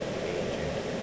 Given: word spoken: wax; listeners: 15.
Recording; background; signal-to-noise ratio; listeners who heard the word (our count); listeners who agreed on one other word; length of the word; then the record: one English word in noise, from a listening test; speech-shaped noise; -6.7 dB; 0 of 15; 7 of 15; 0.62 s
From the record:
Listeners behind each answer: 7, 3, 1, 1, 1, 1, 1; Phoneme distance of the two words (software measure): 40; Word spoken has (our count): 1 syllable, 4 phonemes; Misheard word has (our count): 2 syllables, 4 phonemes, stress on syllable 1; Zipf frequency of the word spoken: 3.87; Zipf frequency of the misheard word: 3.73